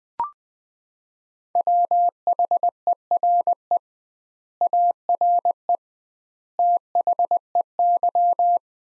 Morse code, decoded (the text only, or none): WHERE ARE THEY